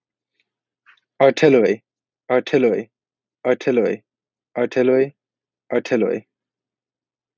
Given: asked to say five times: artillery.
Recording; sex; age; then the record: repeated word; male; 18 to 19 years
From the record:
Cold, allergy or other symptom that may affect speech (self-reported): no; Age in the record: 19 years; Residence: Georgia, United States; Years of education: 13